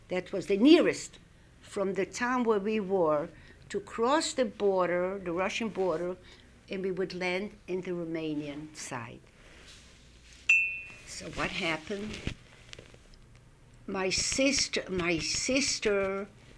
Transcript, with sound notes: That was the nearest, from the town where we were, to cross the border, the Russian border, and we would land on the Roumanian side. ( a bell rings ) What happens, my sister